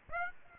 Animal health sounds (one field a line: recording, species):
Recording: mosquito wingbeat signal from an infrared sensor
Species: Aedes aegypti